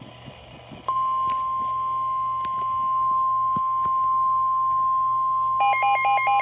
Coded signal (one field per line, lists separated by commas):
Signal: Emergency Alert System (SAME) tones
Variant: 1050 Hz attention tone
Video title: EAS #25 Flash flood warning